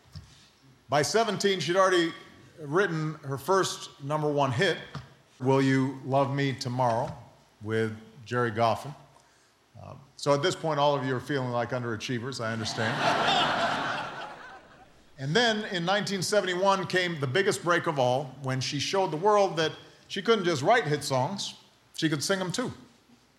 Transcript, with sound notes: By 17 she'd already written her first number one hit, "Will You Love Me Tomorrow," with Gerry Goffin. So at this point all of you are feeling like underachievers, I understand.
(LAUGHTER)
And then in 1971 came the biggest break of all, when she showed the world that she couldn't just write hit songs, she could sing them, too.